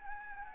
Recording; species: mosquito wingbeat signal from an infrared sensor; Anopheles gambiae